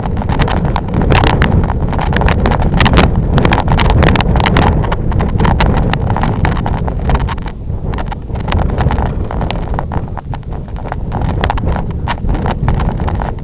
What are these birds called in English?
none